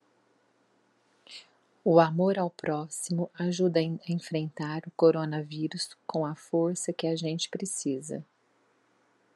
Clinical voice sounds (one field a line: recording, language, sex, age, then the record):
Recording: spoken sentence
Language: Brazilian Portuguese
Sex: female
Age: 50 to 59 years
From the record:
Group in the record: control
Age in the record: 50 years